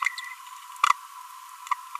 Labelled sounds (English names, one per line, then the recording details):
Green-rumped Parrotlet babbling
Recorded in a nest box in Venezuela
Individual 18B25A3